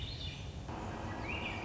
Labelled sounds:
Swainson's Thrush (Catharus ustulatus)
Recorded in Sonoma County, California

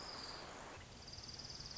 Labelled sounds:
Orange-crowned Warbler (Leiothlypis celata)
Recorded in Sonoma County, California

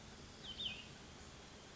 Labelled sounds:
Cassin's Vireo (Vireo cassinii)
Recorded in Sonoma County, California

